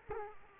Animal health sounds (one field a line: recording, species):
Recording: mosquito wingbeat signal from an infrared sensor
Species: Culex quinquefasciatus